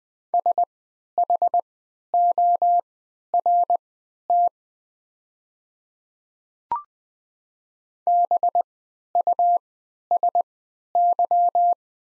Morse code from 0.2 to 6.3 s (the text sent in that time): SHORT